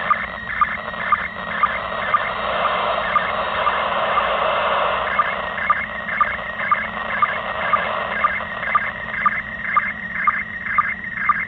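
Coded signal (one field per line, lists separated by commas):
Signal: SSTV (slow-scan television)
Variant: PD120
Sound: warbling tones in hiss, with a short low blip about twice a second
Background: radio static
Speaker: so you can see here how it actually decoded a picture no cables no nothing it decoded the mode it actually detected the mode pd-120 by itself and even if it's not perfect kind of a neat picture still received from the international space station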